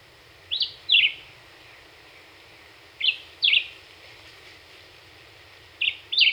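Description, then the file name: Black-whiskered Vireo singing brief two-part phrases of slurred, chirpy notes, each pair spaced roughly two and a half seconds apart, three pairs in all. Recorded 26 April 2019; the bird delivered 27 songs in one minute. "2019-04-26 Black-whiskered Vireo 1 Min 27 Songs"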